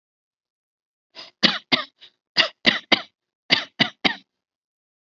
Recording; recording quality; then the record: shallow voluntary cough; excellent, no background noise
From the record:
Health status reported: healthy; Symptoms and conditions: hypertension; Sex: female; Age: 79 years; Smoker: not ticked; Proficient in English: yes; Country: India